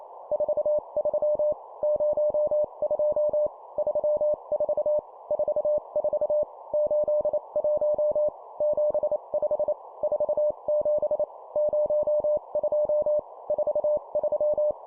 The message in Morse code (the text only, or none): 43 02 34 44 81 75 47 02 43